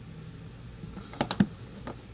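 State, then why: Not seated. A plastic push-in retainer clip is handled at one of the upper fender-liner holes of a 2019-2021 Subaru Forester while Rokblokz mud flaps are being installed. A few short, sharp plastic ticks come at about 1.2, 1.3, 1.4 and 1.9 seconds over a low, steady background hum. Nothing has seated or clicked yet.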